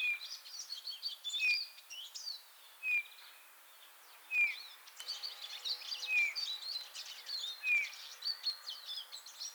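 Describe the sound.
Eurasian bullfinch calls: brief, clear, descending piped notes given at irregular intervals among many other twittering birds.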